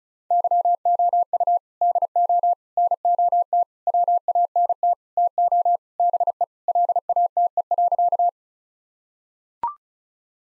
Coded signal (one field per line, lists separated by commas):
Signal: Morse code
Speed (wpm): 36 wpm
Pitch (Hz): 700 Hz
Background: none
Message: YOU DO NOT WANT TO BE LATE.